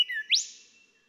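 Golden whistler: a brief whistled note followed by a single loud, fast-rising whip-like note that trails off.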